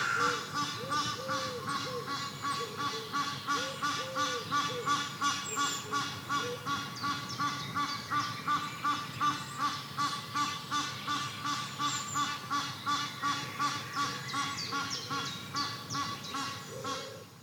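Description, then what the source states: Duck quacks: a steady run of short, nasal calls, nearly three per second, continuing throughout, with a light breeze behind. Meadow atmosphere with a light breeze.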